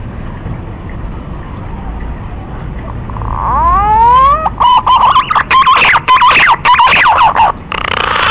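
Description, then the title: Green pigeon call rises in several sliding, harmonic whistles, then breaks into loud, choppy, warbling whistled phrases that continue to the end. Lure call used to attract green pigeons. "Pikat Burung Punai"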